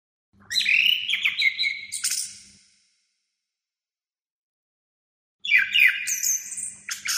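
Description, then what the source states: Orange-headed Thrush song: two bursts of varied whistles and chirps separated by a few seconds of silence; faint low hum beneath. Masteran (tutor song for training birds); captive orange-headed thrush (anis kembang) named Azuro, owned by Daniel Gacor Bird Shop, Graha Raya, Tangerang.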